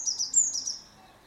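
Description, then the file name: Eurasian blue tit giving a quick string of high, thin notes that slide downward, about a second long. "Cyanistes caeruleus"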